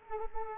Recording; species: mosquito wingbeat signal from an infrared sensor; Culex quinquefasciatus